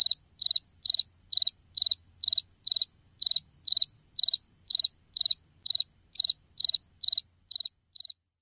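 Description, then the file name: Cricket giving evenly spaced trilled chirps, roughly two per second, with a thin steady high tone underneath and no other sounds. "sverchok"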